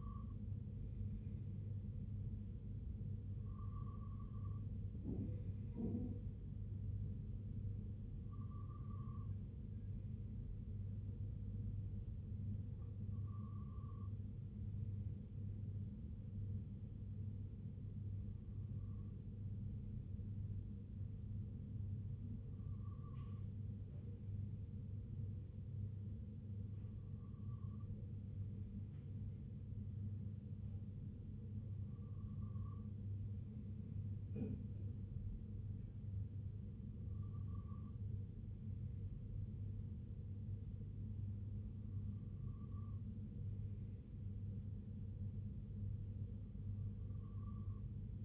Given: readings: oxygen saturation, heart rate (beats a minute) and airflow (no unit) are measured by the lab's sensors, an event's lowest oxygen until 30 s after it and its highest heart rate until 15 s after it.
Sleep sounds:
breathing in sleep by a smartphone at the bedside; none
none scored
From the record:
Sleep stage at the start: N2 (light sleep); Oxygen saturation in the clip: 94 to 96%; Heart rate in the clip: 58 to 69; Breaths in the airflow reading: 11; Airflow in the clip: -4.1 to 2.8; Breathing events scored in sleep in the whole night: 258 in 7.4 hours asleep

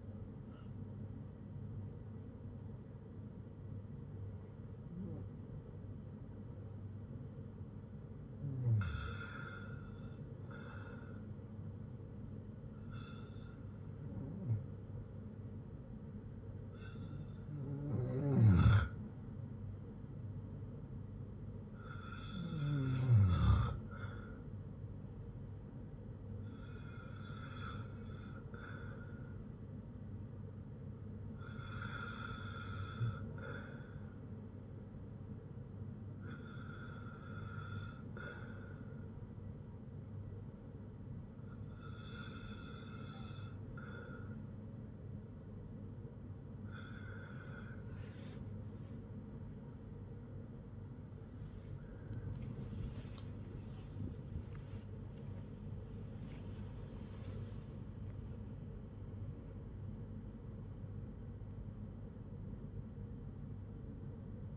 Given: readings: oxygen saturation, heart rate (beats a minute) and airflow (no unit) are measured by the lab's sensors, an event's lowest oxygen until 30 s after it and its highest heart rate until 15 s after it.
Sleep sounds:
breathing in sleep by a smartphone at the bedside; 1
27.00-64.57 s: new sleep stage, N1 (lightest sleep)
36.00-54.90 s: hypopnea (N1, oxygen 94% highest, then 93% lowest, heart rate 62 at the start, 93 highest)
From the record:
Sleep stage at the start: REM sleep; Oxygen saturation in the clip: 92 to 95%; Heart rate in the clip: 59 to 93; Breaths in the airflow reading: 13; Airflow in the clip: -10.3 to 13.4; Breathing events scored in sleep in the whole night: 182 in 7.4 hours asleep

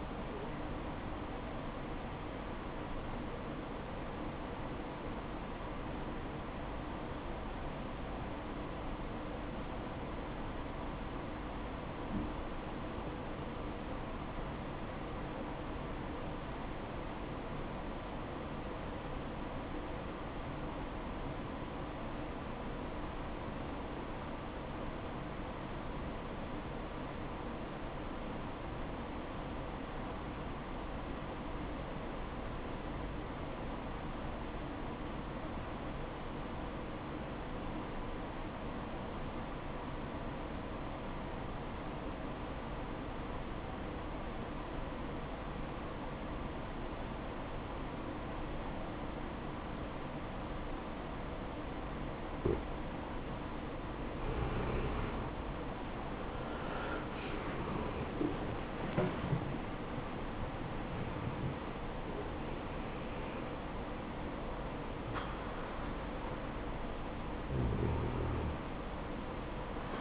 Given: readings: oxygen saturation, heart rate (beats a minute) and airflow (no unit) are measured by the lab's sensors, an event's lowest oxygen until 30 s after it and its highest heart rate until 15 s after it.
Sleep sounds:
breathing in sleep by a voice recorder at the bedside; 1
4.00-56.20 s: obstructive apnea (REM, oxygen 94% highest, then 75% lowest, heart rate 63 at the start, 91 highest)
61.00-70.01 s: new sleep stage, N1 (lightest sleep)
From the record:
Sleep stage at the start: REM sleep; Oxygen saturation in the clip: 76 to 94%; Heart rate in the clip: 50 to 91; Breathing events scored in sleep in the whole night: 573 in 9.8 hours asleep

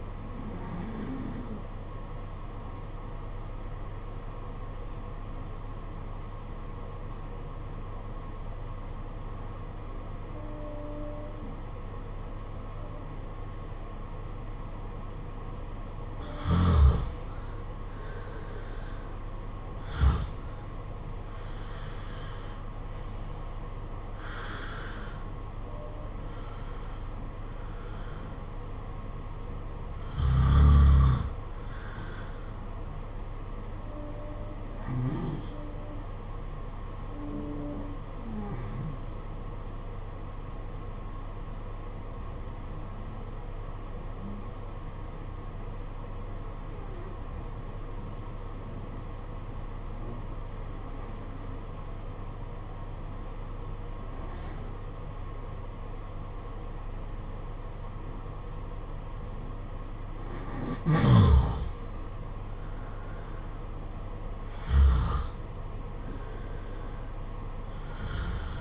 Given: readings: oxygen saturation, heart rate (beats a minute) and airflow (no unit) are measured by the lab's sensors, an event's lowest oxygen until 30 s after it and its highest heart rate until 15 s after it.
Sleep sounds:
breathing in sleep by a smartphone at the bedside; 2
3.00-16.90 s: obstructive apnea (N2, oxygen 95% highest, then 86% lowest, heart rate 53 at the start, 61 highest)
46.00-62.20 s: obstructive apnea (N2, oxygen 94% highest, then 85% lowest, heart rate 50 at the start, 58 highest)
From the record:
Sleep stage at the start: N2 (light sleep); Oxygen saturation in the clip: 86 to 95%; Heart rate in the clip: 50 to 61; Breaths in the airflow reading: 8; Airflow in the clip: -7.7 to 9.2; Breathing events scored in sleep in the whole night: 476 in 9.7 hours asleep

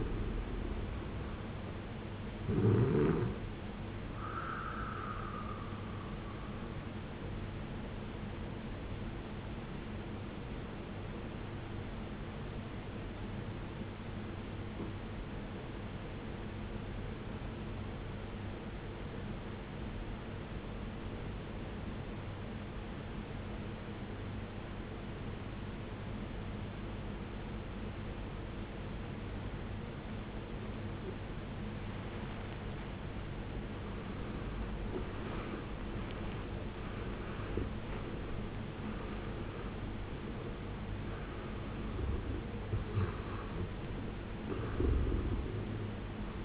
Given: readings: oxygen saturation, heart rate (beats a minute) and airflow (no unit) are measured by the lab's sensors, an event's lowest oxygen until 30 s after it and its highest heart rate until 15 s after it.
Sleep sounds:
breathing in sleep by a voice recorder at the bedside; 1
12.00-34.50 s: obstructive apnea (N2, oxygen 93% highest, then 76% lowest, heart rate 55 at the start, 81 highest)
24.00-46.44 s: new sleep stage, N1 (lightest sleep)
From the record:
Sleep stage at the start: N2 (light sleep); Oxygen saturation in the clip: 75 to 93%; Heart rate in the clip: 53 to 81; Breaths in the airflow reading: 6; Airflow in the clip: -17.2 to 18.8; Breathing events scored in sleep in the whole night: 389 in 6.3 hours asleep

